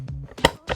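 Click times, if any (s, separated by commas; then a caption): 0.4 s. The spring bar of a plastic rat snap trap for an EZ Snap Rat Station is pushed back by hand, with faint taps and rustling before a sharp snap at 0.5 s as the bar latches into its set position. Another click follows near the end. The trap is now set.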